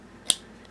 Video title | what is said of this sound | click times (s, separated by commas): Poulan Wood Shark 1975 carburetor problems. No luck yet. | it locks in place | 0.3 s